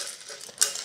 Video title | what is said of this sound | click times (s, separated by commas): Fix your leaking toilet! American Standard Champion #788 | When it completely tightens, you're gonna hear it snap. Just like that and locked. | 0.6 s